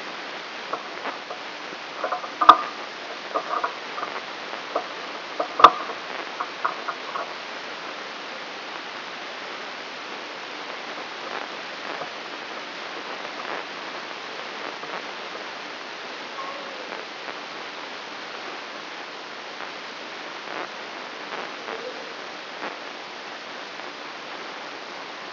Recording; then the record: brain microelectrode recording played as sound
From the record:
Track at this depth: outside the subthalamic nucleus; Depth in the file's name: 7.26 mm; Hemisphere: left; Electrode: 3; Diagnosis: Parkinson's disease